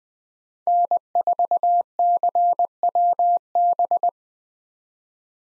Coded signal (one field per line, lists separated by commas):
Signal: Morse code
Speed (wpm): 20 wpm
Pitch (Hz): 700 Hz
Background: none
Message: N4CWB